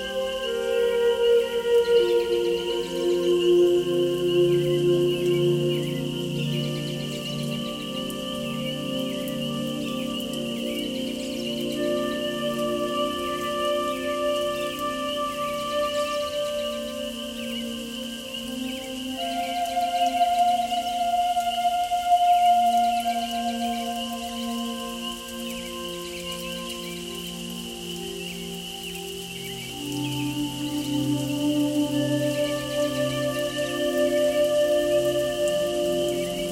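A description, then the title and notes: Long, soft held tones from a Native American flute drift slowly between low and middle notes, overlapping like a gentle drone. A steady patter of rain runs underneath the whole time, with a thin bright tone hovering above, and the music swells slightly around two and twenty seconds. Night Noon - Native American Flute with Nature Sounds.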